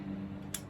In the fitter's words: and you'll hear it click.